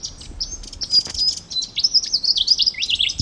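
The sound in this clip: Slaty-bellied tesia song: a few dry ticking notes and thin whistles, then a rapid, jumbled, high-pitched warble of sliding notes in the second half.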